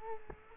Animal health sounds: mosquito wingbeat signal from an infrared sensor; Culex quinquefasciatus

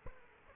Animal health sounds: mosquito wingbeat signal from an infrared sensor; Aedes aegypti

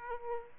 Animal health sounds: mosquito wingbeat signal from an infrared sensor; Aedes aegypti

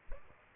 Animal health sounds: mosquito wingbeat signal from an infrared sensor; Aedes aegypti

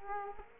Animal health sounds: mosquito wingbeat signal from an infrared sensor; Culex quinquefasciatus

